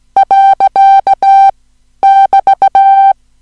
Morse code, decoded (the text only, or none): . <BT>